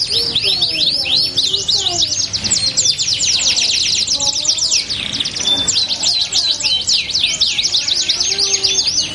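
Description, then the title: Belgian canary song, a dense continuous stream of fast high sweeping notes and trills, with soft lower chirps beneath. Belgian canary song used to warm up canaries and prompt them to sing along within seconds. "Canto Para Esquentar Canário Belga. LANGSUNG NYAUT. Pancingan suara kenari hitungan detik langsung ikut bunyi"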